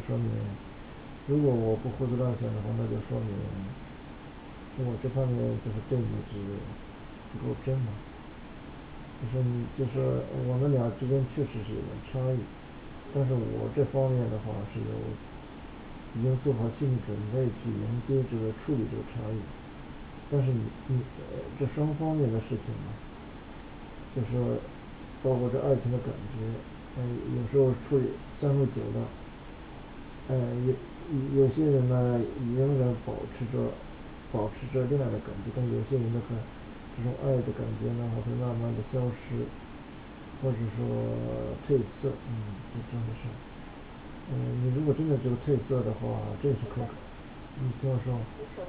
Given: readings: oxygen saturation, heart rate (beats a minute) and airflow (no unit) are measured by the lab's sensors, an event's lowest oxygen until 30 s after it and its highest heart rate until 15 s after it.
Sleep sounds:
a person awake in a sleep study, by a voice recorder at the bedside; none
0.00-48.69 s: awake
From the record:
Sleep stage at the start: awake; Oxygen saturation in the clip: 96 to 98%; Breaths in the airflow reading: 12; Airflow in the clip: -2.9 to 4.3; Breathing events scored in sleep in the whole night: 216 in 7.0 hours asleep

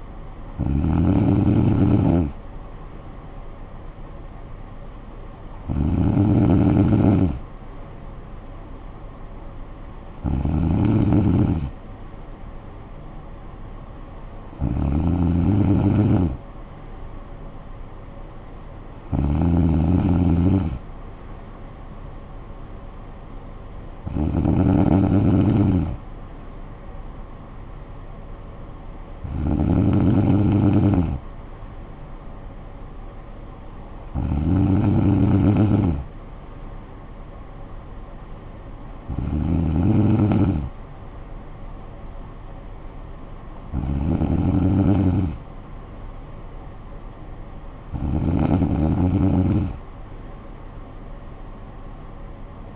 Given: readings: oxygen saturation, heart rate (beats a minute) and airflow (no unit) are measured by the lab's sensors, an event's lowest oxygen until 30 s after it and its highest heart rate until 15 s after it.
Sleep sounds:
breathing in sleep by a smartphone at the bedside; none
2.00-52.76 s: new sleep stage, N3 (deep sleep)
From the record:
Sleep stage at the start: N2 (light sleep); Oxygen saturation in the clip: 95%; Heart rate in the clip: 53 to 57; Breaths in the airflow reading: 11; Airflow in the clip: -10.6 to 6.3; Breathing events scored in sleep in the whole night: 445 in 7.6 hours asleep

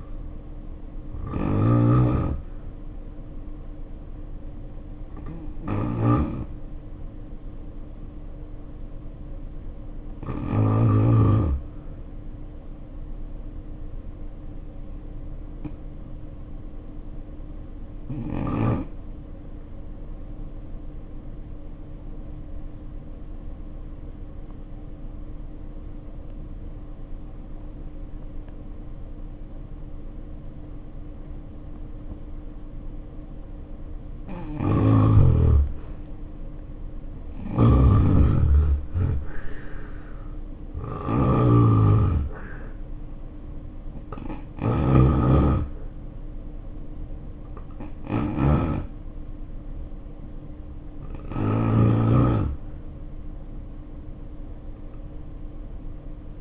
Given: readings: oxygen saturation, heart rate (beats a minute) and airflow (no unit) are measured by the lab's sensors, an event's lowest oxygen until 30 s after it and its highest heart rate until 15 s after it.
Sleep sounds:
breathing in sleep by a smartphone at the bedside; 1
20.00-35.80 s: obstructive apnea (N1, oxygen 91% highest, then 70% lowest, heart rate 66 at the start, 79 highest)
From the record:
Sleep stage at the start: N1 (lightest sleep); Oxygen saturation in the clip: 66 to 91%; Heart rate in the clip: 57 to 84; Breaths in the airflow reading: 8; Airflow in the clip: -6.9 to 5.1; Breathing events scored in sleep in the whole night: 520 in 7.2 hours asleep

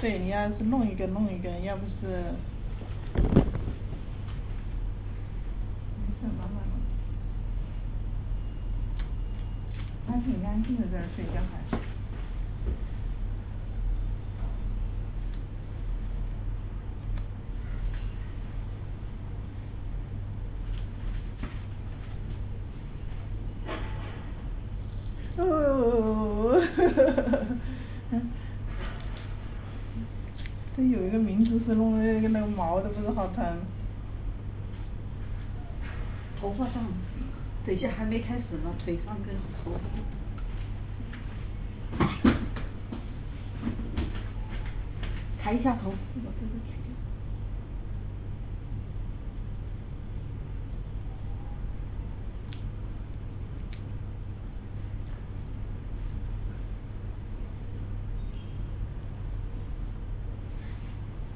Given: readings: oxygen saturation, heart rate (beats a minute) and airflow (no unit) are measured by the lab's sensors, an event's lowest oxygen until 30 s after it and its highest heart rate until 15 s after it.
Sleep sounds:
a person awake in a sleep study, by a smartphone at the bedside; none
0.00-61.35 s: awake
From the record:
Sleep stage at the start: awake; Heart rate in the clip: 66 to 75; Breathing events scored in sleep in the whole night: 305 in 9.6 hours asleep

